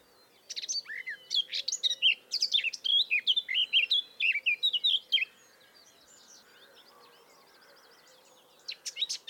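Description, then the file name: Eurasian blackcap song: a fast, varied warble of bright whistled and chattering notes for about five seconds, then quiet, with a brief burst near the end. "Sylvia atricapilla"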